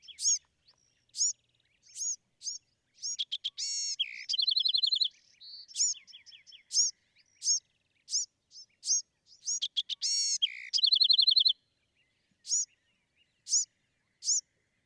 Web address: songs Bewick's Wren